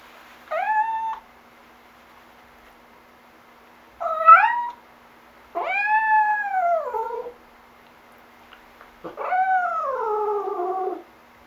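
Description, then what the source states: Cat crying in mild distress, four drawn-out wavering meows separated by pauses, the later ones longer and falling in pitch. Light distress cry.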